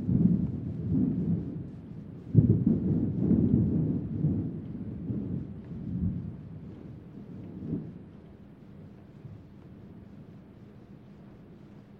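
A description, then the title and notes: Thunder rolls through a rainstorm, a deep, rumbling roar that is loudest at the start. Fresh cracks and surges break in around two, six and eight seconds, each settling back. By the end the rumble has faded to a low murmur. Relaxing Sounds - Thundering Rainstorm Early Variant 2.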